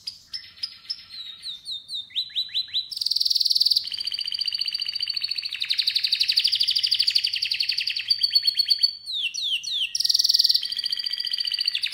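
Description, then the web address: Canary song opens with swooping slurred notes, then loud buzzy high trills and long fast rolls, with descending slurs and another sharp high burst near the end. "Golchin Best Canari Seda Canari. Niyaz Music)"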